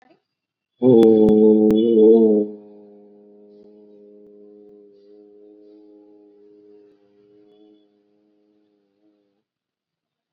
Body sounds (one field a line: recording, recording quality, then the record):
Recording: sustained vowel as in boot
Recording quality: excellent, no background noise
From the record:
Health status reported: COVID-19 positive, mild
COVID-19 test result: positive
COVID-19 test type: RT-PCR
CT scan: not taken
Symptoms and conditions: cough, diabetes, another condition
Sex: male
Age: 55 years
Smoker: yes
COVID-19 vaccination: both doses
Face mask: worn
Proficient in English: yes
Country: India